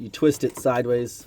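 Someone talks while an HID headlight bulb for a 2015 Toyota Sienna is twisted sideways into its headlight housing. Only the voice is clearly heard, with no distinct click. The bulb is still being handled, and nothing has seated or clicked into the notch yet.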